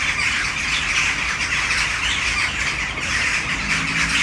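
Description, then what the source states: Western jackdaws keep up a thick wash of quick, squeaky calls, with a faint low hum near the end. Flock in a tree, city centre of Brno, Czech Republic, Malinovského square, at sunset.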